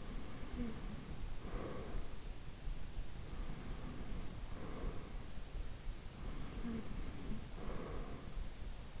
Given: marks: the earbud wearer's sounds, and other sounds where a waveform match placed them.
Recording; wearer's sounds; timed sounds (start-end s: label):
sounds in sleep by an in-ear microphone; breath
0.00-2.08 s: breath
3.18-5.37 s: breath
6.10-8.43 s: breath